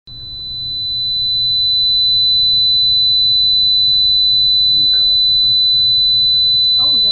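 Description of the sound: A steady, piercing 4000 Hz pure tone runs unbroken for about seven seconds, with faint low hum and brief murmurs in the background. It is a simulated tinnitus sound, the kind of constant high ringing many people with tinnitus describe.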